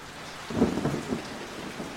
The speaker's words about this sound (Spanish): Está lloviendo en el campo y todo se hace más difícil. Como todo es barro, no se da un solo paso sin resbalar.